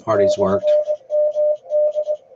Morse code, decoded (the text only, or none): /MD